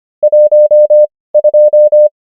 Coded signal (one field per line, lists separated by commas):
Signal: Morse code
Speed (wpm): 25 wpm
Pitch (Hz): 600 Hz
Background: none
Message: 12